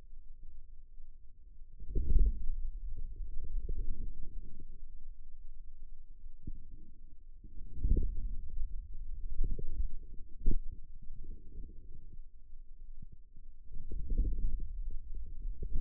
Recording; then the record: forearm muscle sounds (acoustic myography)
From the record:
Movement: outward rotation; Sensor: system 2, bracelet of six BSWA MPA416 microphones around the upper forearm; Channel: 3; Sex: male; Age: 22 years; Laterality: right